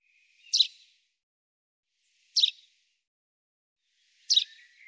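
Common chaffinch giving three brief, bright pink-like call notes, spaced roughly two seconds apart.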